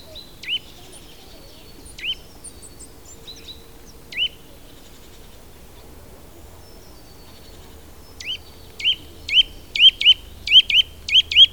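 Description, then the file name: Eurasian nuthatch calling with single sharp whistled notes a couple of seconds apart, then speeding into a quicker series of similar notes near the end. "Sitta europaea"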